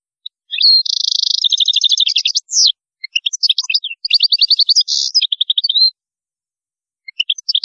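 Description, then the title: European goldfinch song: a harsh buzz opening a long, fast stream of twittering trills and liquid notes, another buzzy burst, then quieter twitters near the end. "Chant Chardonneret"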